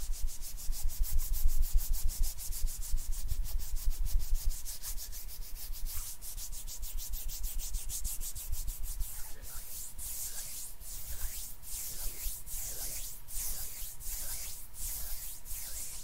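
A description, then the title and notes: Hands rub together in a dense, steady stream of dry, bright friction. The first half is a fast, even rustle with a low rumble beneath; after about ten seconds the rubs slow into distinct sweeping strokes roughly every second. ASMR HAND SOUNDS NO TALKING, INTENSE HAND SOUNDS, ASMR HAND MOVEMENTS.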